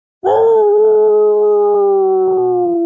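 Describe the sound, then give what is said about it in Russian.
A werewolf named Romashka, muzzle raised to the sky, howls: the howl bursts in loudly and holds one long, steady, mid-pitched wail that sinks slowly in pitch for nearly three seconds, with no talking. “Провыла ромашка, задрав морду к небу, а затем начала озираться.”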